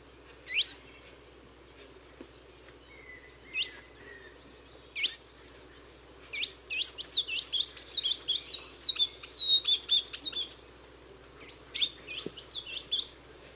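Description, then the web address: Blue-gray tanager with a few separate high squeaky calls, then a rapid run of thin twittering, sweeping notes, set against a constant high-pitched insect buzz. Calls and song from the eastern lowlands of South America. "Natures Songs S America Eastern Lowlands. Thraupis episcopus, calls and song"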